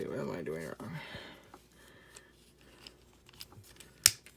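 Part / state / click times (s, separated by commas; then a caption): plastic figure part into its mating tab/joint on the transforming figure / seated / 4.1 s. A plastic part of a transforming robot action figure is pressed into its mating tab or joint while the figure is put back together during transformation. Someone talks at the start, then quiet plastic fiddling and small ticks follow. A sharp, loud click at 4.1 s shows the part has seated.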